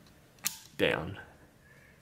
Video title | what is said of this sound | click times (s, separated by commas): Acer Nitro 5 2020 AN515-54 ram upgrade and Board overview | and it did hear that click | 0.5 s